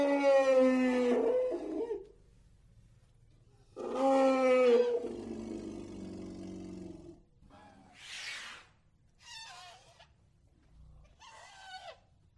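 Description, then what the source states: Elephant growls: two long, loud, harmonic growling calls, each lasting two to three and a half seconds, followed by three short, breathy snorts or squeals, with quiet gaps between. Various elephant snorts, growls and trumpets.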